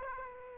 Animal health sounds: mosquito wingbeat signal from an infrared sensor; Aedes aegypti

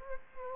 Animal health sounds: mosquito wingbeat signal from an infrared sensor; Culex quinquefasciatus

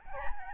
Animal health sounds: mosquito wingbeat signal from an infrared sensor; Aedes albopictus

